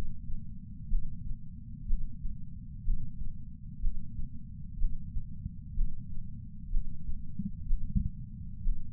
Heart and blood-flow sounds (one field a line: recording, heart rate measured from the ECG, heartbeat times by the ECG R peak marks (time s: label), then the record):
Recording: heart sounds by patch sensor on the chest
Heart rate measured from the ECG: 62 bpm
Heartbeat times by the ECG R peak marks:
0.89 s: heartbeat
1.87 s: heartbeat
2.84 s: heartbeat
3.81 s: heartbeat
4.78 s: heartbeat
5.75 s: heartbeat
6.70 s: heartbeat
7.67 s: heartbeat
8.63 s: heartbeat
From the record:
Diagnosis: coronary artery disease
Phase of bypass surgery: preoperative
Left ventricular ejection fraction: 36.6%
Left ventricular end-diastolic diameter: 43 mm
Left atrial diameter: 33 mm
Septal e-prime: 3.9 cm/s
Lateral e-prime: 8 cm/s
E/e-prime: 10.3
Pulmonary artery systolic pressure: 22 mmHg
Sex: female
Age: 80 years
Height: 150 cm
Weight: 49 kg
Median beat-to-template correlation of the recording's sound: 0.90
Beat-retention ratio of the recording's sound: 0.98